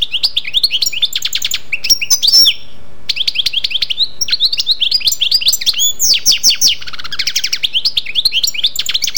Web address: Jilguero. chardonneret